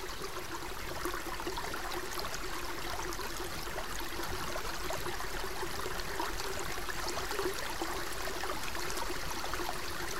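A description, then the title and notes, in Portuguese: Underwater listening from the bottom of a body of water: a steady, dense wash of bubbling and trickling fills the whole clip without pause. A low hum runs underneath, and faint clicks and ticks scatter across the brighter range throughout. Afundamos no rio por um instante, ouvindo o som do fundo das águas.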